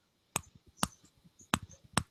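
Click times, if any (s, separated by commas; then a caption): 0.4 s, 0.8 s, 1.5 s, 2.0 s. A plastic toy mini linear actuator, already fully extended, is pushed further outward by hand, making its internal slip clutch ratchet. It gives four sharp clicks at 0.4, 0.8, 1.5 and 2.0 seconds, with faint softer ticks in between. This shows the clutch slipping at the end of travel, as a torque limit should.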